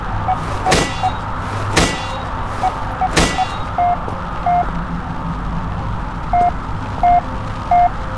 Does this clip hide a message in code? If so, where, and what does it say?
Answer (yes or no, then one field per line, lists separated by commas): no